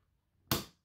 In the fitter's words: this one here right let's see if it goes click was that a click yeah